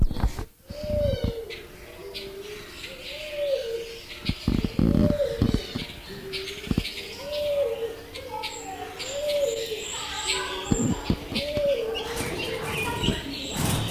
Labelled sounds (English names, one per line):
Silver-eared Mesia call